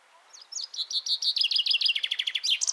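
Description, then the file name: Common chaffinch singing a bright, rapid series of repeated notes that falls slightly in pitch and ends in a short high flourish. "Fringilla coelebs"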